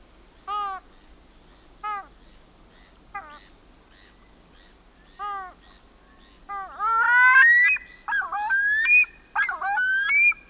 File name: pacific loon